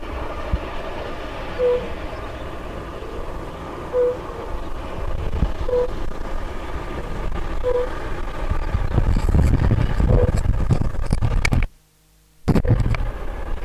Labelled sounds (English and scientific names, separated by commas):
Fire-Bellied Toad (Bombina bombina) call